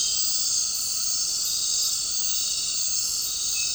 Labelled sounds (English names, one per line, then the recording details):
none
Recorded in dense forest near Puerto Asís, Putumayo, Colombia, on 8 March 2025 at 20:00
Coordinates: 0.467, -76.328
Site G041